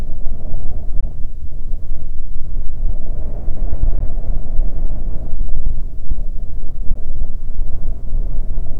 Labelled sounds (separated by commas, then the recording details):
wind
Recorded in the Prudhoe Bay oil fields, Alaska, on 15 May 2019 at 00:30
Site 24